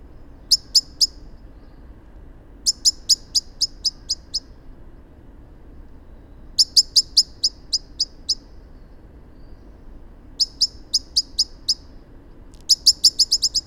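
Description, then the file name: Common blackbird giving sharp, high clicking calls in rapid bursts of several notes, each burst separated by short pauses, with a faint low hum beneath. "Turdus merula"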